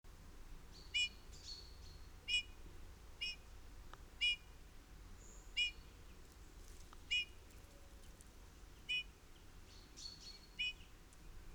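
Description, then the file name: Eurasian bullfinch giving eight short, soft piping calls at irregular intervals of about one to two seconds, with a steady low rumble of background noise. "Pyrrhula pyrrhula"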